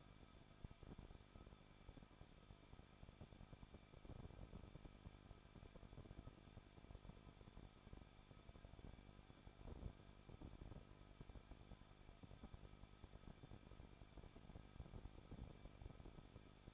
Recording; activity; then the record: daily activity, microphone in the room; no activity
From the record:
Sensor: 5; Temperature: 20.8 degrees Celsius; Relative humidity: 38.4%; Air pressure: 1006.5 hPa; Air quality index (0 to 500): 189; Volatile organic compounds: 19 ppm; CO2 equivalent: 2671 ppm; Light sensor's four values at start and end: 2/3/1/1 and 2/3/1/1